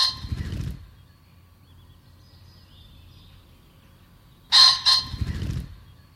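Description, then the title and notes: Common Pheasant giving a grating double crow followed by a low fluttering wing-whirr, with a quiet gap between repeats. "Viikon luontoääni: Fasaani. Juha Laaksonen"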